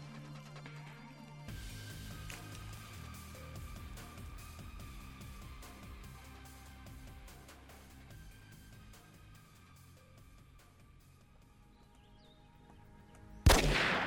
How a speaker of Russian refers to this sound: Дядя Миша еще раз выстрелил в воздух.